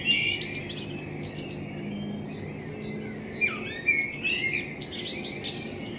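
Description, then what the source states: Common blackbird song: brief whistled notes, then a later phrase of warbled notes ending in thin high twittering, over constant low rushing noise. Blackbird in front of the recordist's window; captured binaurally with a self-built dummy head, for headphone listening.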